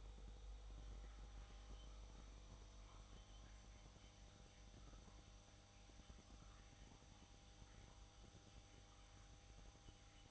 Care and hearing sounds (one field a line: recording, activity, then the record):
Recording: daily activity, microphone in the room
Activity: make coffee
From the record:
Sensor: 3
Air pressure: 1007.3 hPa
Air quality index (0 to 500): 59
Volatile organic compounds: 1 ppm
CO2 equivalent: 608 ppm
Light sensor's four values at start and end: 8/18/7/7 and 8/18/7/7